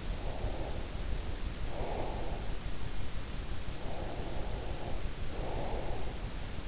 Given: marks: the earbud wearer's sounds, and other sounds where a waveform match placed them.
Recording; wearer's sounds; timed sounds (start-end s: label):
sounds in sleep by an in-ear microphone; breath
0.00-2.66 s: breath
3.66-6.40 s: breath